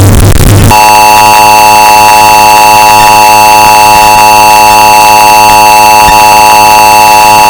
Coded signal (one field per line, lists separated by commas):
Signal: Emergency Alert System (SAME) tones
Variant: 853 and 960 Hz attention tone